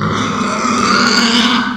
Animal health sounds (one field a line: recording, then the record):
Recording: squeal of a Yucatan mini pig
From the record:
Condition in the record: after surgery on the right vocal fold (resection and tissue-engineered implant)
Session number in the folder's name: 16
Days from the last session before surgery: 183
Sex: female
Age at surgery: 19 weeks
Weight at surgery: 25 kg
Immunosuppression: prednisolone